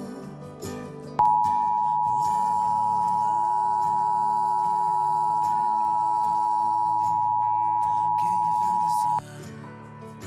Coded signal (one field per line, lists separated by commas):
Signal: Emergency Alert System (SAME) tones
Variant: 853 and 960 Hz attention tone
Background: music